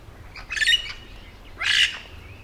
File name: yellow shouldered parrot